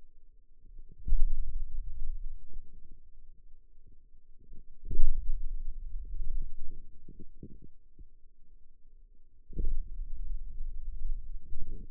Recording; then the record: forearm muscle sounds (acoustic myography)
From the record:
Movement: finger pinch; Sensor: system 2, bracelet of six BSWA MPA416 microphones around the upper forearm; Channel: 2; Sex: male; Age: 22 years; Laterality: right